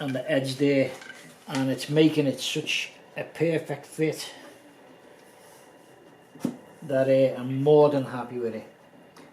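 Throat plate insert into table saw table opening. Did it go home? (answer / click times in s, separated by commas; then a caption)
no / none. A homemade wood or plastic zero-clearance throat plate is handled at the insert opening of a Kobalt table saw while someone talks. There are quiet handling noises, a short sharp knock near 6.4 s, and a faint tap near 9.2 s. The plate has not seated or clicked into place yet.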